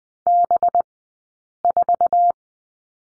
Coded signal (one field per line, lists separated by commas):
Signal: Morse code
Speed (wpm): 20 wpm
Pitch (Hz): 700 Hz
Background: none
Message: B4